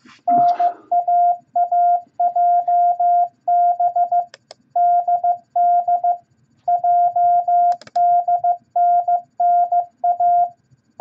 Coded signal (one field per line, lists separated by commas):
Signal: Morse code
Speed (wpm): 15 wpm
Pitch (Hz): 700 Hz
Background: none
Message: NAAJB DD JDNNA